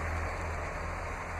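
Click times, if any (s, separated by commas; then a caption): none. A seat back and head restraint are being moved into position on a folding Stow 'n Go vehicle seat, heard only as steady broadband noise with a low hum and no distinct impacts. Nothing has seated or clicked into place yet.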